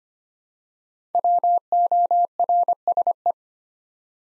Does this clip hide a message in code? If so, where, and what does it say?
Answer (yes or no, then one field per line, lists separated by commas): yes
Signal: Morse code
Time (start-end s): 1.1-3.3 s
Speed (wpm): 25 wpm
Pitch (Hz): 700 Hz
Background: none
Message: WORSE